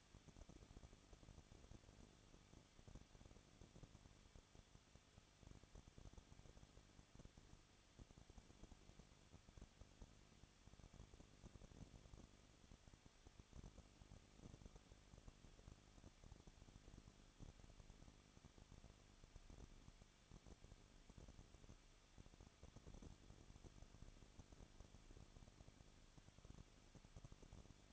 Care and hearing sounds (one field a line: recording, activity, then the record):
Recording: daily activity, microphone in the room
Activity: no activity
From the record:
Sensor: 4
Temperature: 23.1 degrees Celsius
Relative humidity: 34.2%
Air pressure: 1007.2 hPa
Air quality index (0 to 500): 214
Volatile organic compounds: 14 ppm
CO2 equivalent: 2472 ppm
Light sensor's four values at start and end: 2/3/1/1 and 2/3/1/1